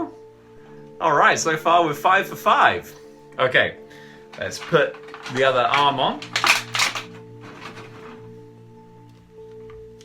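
Someone talks while picking up the other plastic arm of a toy robot figure and lining it up with the figure's body joint before pushing it home, with worry about knocking off the swords. A short sharp sound stands out at about 6.8 s amid steady background hum. The arm has not seated or clicked yet.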